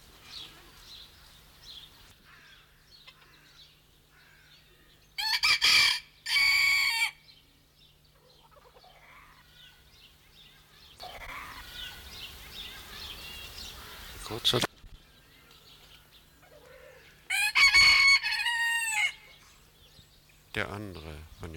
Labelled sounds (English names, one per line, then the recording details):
Red Junglefowl call
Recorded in captivity
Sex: male
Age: adult
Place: Zoo Berlin, Berlin, DE
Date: 1994-01-15
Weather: wechselnd wolkig, +5 °C
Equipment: Marantz CP 430, Sennheiser MKH 416 T, Kopie Uher Variocord 263
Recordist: Tembrock, Günter